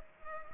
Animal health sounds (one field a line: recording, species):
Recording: mosquito wingbeat signal from an infrared sensor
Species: Culex pipiens